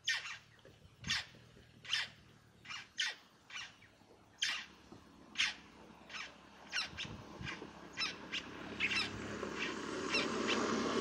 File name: canto do tie cabure